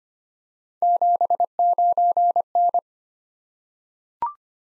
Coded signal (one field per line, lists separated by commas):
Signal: Morse code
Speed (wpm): 25 wpm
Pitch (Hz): 700 Hz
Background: none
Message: 79N